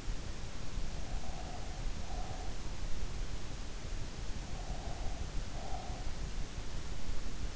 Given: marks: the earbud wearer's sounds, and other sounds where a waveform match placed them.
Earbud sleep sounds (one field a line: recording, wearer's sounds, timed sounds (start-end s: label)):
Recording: sounds in sleep by an in-ear microphone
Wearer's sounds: breath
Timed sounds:
0.81-2.75 s: breath
3.72-6.27 s: breath